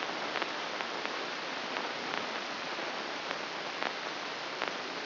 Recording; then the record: brain microelectrode recording played as sound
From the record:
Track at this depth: inside the subthalamic nucleus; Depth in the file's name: 6.305 mm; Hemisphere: left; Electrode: 3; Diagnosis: Parkinson's disease